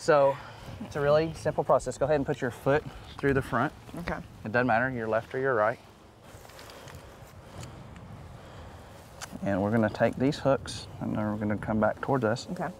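Someone talks while a foot is put through the front stirrup of a crossbow and the cocking-rope hooks are readied on the string, before the string is pulled back into the trigger latch. Between 6 and 9 seconds there is a quieter stretch of handling and footstep-like noises, with brief taps at 6.9, 8.0 and 9.2 seconds. The string has not yet latched or clicked.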